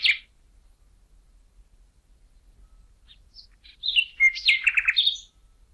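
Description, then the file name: Common nightingale song: a short high note at the start, a long pause, then one quick phrase of varied chirps and rapid repeated notes near the end. "Luscinia megarhynchos"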